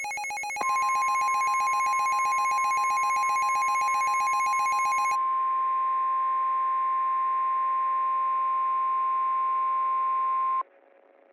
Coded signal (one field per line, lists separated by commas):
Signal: Emergency Alert System (SAME) tones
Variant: 1050 Hz attention tone